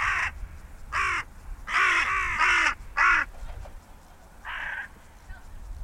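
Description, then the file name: Carrion crow cawing: five harsh, hoarse caws in quick succession, then a softer caw after a pause, with low rumbling noise underneath. "Corvus corone"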